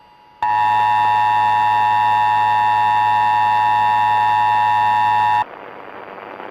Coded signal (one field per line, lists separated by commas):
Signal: Emergency Alert System (SAME) tones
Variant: 853 and 960 Hz attention tone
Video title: Sep 2020 Alabama Required Monthly Test & NWS Sterling Flash Flood Warning on WDFA (EAS #182-183)